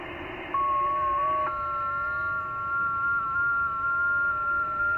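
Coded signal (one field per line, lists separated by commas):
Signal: FT8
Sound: several thin steady warbling tones drifting slightly in pitch over background hiss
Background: radio static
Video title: 3D2CR, Conway Reef , Pacific Ocean , OC-112, 21MHz, FT8, Worked by HL2WA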